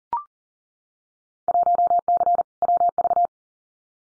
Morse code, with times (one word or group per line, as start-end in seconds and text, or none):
1.5-2.4 1C
2.6-3.3 WV